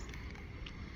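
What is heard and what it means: The center piece of a Playmates Titan Tech Rodan (2023) action figure's plastic wing assembly is handled as it is pushed and flipped inside out to go into the wing assembly. Soft handling taps at about 0.1, 0.3 and 0.7 s sit over a low, steady background rumble. Nothing has snapped or clicked into place yet.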